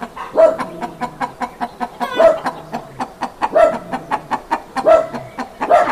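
Chicken giving steady, evenly paced clucks, louder notes roughly every one and a half seconds with softer clicks and pulses filling the gaps between them.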